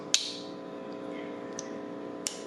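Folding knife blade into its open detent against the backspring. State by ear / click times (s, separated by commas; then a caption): seated / 0.1 s. The blade of a second traditional slip joint folding knife is opened to compare it with the first, snapping into its open detent against the backspring with a sharp click at 0.1 s. Fainter ticks follow at 1.6 s and 2.3 s over a steady low hum, and the blade ends up seated open.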